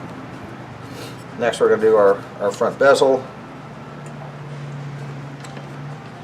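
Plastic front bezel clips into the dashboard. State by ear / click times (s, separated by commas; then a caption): not seated / none. During an LED kit install on a 4G Eclipse, a plastic front dash bezel is being handled before it is pressed onto the dashboard so its clips can snap in. Someone talks from about 1.4 to 3.2 seconds over a quiet background, followed by a steady low hum. Nothing has seated or clicked yet when the clip ends.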